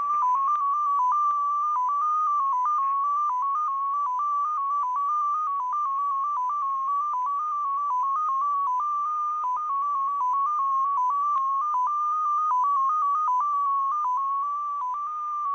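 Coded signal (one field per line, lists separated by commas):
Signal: numbers station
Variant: XPA2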